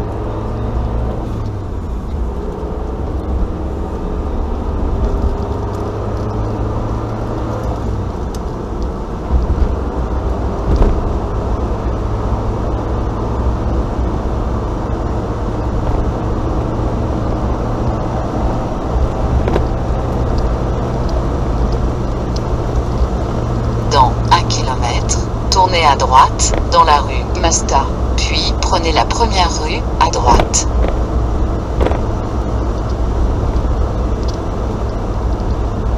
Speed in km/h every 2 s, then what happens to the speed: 35, 40, 47, 56, 63, 69, 78, 83, 86, 90, 92, 94, 93, 91, 89, 87, 83, 82.
0-22 speeds up to 94. 22-36 slows to 82.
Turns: none.